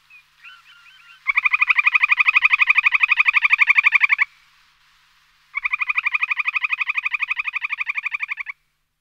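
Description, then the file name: Calidris sandpiper trill, a few soft short notes, then a long buzzy pulsed trill lasting about three seconds, a pause, and a second similar trill. "Calidris"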